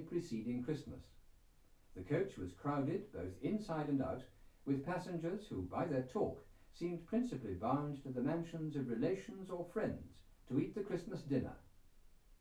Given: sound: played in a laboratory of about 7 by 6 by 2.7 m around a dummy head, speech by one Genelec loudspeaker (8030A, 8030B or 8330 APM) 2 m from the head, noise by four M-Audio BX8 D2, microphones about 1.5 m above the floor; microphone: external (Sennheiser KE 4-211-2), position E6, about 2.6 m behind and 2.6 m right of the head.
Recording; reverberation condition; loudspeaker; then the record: male speech in English; low; 90 degrees to the right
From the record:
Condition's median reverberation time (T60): about 310 ms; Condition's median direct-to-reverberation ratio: about 3.5 dB